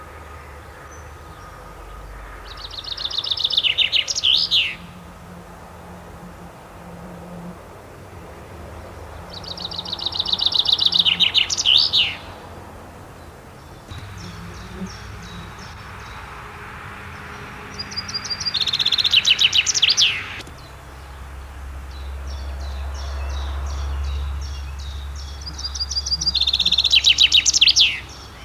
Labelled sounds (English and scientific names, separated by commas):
Common Chaffinch (Fringilla coelebs) song